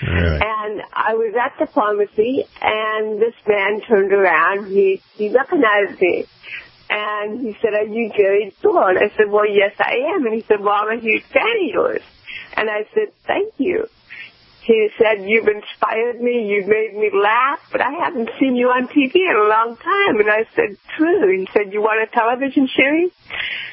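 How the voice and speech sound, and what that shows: A woman tells a story in animated, intelligible speech with drawn-out sounds, creaky and nasal vowels, hard glottal onsets and frequent pauses between phrases. These show mild dysarthria from cerebral palsy, affecting voicing and articulation.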